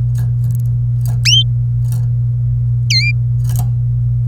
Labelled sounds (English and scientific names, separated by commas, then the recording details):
Domestic Canary (Serinus canaria) song
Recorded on 27 April 2018 at 07:30
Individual llb3